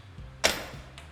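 After its pin is lifted, the steel swing-away spare wheel carrier arm on a Rockarmor rear bar for a 200 Series is swung shut like a car door. It latches onto the rear bar with a sharp clunk at 0.5 s, followed by a faint softer knock at 1.0 s. The carrier is latched and seated.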